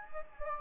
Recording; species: mosquito wingbeat signal from an infrared sensor; Anopheles gambiae